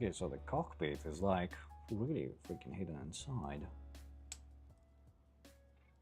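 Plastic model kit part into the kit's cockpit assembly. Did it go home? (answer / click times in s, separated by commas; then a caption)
yes / 4.3 s. Someone talks while a plastic part of a large 1/60 Wolf Remains Heavy Industries Logar model kit is pressed into its mating part around the cockpit area. A single sharp snap comes at 4.3 s, and the tight-fitting part seats into place.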